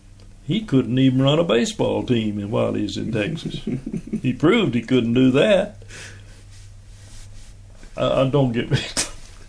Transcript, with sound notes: He couldn’t even run a baseball team while he was in Texas. [chuckles] He proved he couldn’t do that! I, I, don’t get me com…